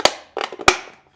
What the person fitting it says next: They do have a satisfying click once you get it in there.